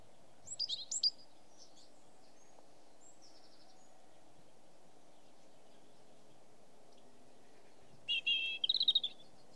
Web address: The BBC Sound Effects Library (Animals Birds) Robin song